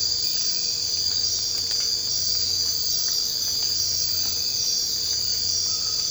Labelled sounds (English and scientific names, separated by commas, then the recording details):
none
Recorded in secondary vegetation near Puerto Asís, Putumayo, Colombia, on 24 March 2025 at 01:30
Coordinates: 0.502, -76.326
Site G100